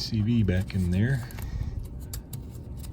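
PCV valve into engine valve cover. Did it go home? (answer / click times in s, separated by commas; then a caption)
yes / 2.1 s, 2.3 s. Someone talks while a PCV valve is put back into the rear valve cover of a 2006 Ford Fusion 3.0 V6 engine and turned a quarter turn. Sharp clicks at 2.1 and 2.3 seconds mark the valve seating in place.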